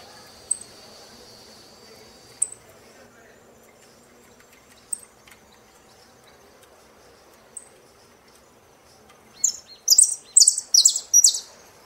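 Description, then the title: Saffron finch calling with scattered thin high chips, ending in an energetic cluster of buzzy song phrases. "Jilguero Argentino"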